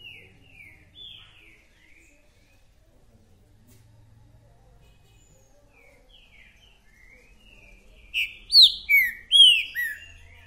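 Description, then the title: Green-winged saltator song, soft sliding whistles early on, then a loud phrase of several rich, downslurred whistled notes near the end over faint low hum. Male singing and calling in a territorial dispute; described as a repeater that sings one song after another. "TRINCA Piando, Cantando E Macheando Na DISPUTA. TRINCA FERRO REPETIDOR !! UM CANTO ATRÁS DO OUTRO!!! TRINCA FERRO MERCENARIO!"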